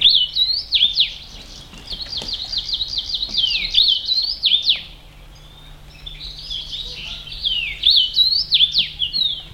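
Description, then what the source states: Kamchatka leaf warbler song: fast, buzzy, zigzagging high phrases repeated in quick bursts, with a short pause midway before the rhythmic series resumes. Recorded in 2011.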